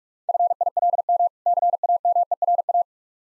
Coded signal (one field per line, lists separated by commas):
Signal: Morse code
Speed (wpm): 46 wpm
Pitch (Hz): 700 Hz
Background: none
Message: FILM CAMERA